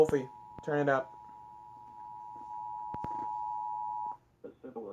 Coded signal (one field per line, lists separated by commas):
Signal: Emergency Alert System (SAME) tones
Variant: 853 and 960 Hz attention tone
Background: speech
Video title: EAS Child Abduction Emergency caught on camera (EAS #22)